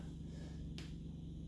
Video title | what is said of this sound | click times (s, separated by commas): Nettoyage de la transmissions | tac et enclencher on le voit bien | 0.8 s